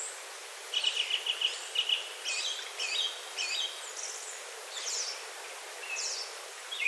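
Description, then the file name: Japanese thrush singing: a rapid trill of repeated whistled notes, then separate short clear phrases, with steady background hiss. "kurotsu"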